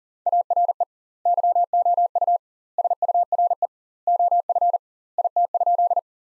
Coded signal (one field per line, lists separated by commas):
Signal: Morse code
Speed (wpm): 40 wpm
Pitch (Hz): 700 Hz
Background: none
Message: ARE YOU SURE OF IT?